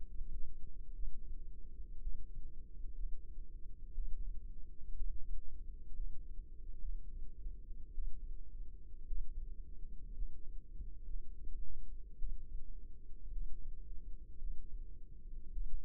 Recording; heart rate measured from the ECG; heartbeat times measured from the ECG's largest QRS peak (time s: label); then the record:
heart sounds by microphone in the left ear; 58 bpm
0.94 s: heartbeat
2.01 s: heartbeat
2.95 s: heartbeat
3.94 s: heartbeat
4.96 s: heartbeat
5.96 s: heartbeat
6.80 s: heartbeat
7.93 s: heartbeat
9.06 s: heartbeat
10.13 s: heartbeat
11.05 s: heartbeat
12.18 s: heartbeat
13.32 s: heartbeat
14.39 s: heartbeat
15.52 s: heartbeat
From the record:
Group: healthy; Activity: rest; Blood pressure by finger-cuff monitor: 104/59 mmHg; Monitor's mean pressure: 74 mmHg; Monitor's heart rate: 55 bpm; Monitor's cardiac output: 5.7 L/min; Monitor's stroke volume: 96 mL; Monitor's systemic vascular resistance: 990 dyn s/cm5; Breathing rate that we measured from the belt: 15 breaths a minute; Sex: female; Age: 28 years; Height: 170 cm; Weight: 77 kg